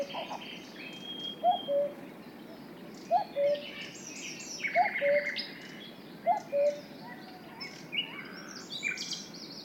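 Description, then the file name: Cuckoo calling, a low two-note falling cu-ckoo repeated four times about every one and a half seconds, with bright chirping songbirds above. "minutes of cuckoos"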